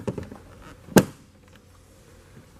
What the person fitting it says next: Now we have it clipped into firmly.